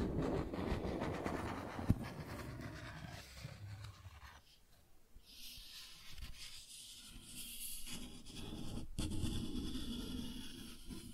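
Cardboard being scratched and rubbed, with dense rough scraping through the first four seconds and a sharp tap near two seconds. It quiets and thins around five seconds, then returns as brighter hissing strokes and tearing-like rasps, with a brief crack near nine seconds.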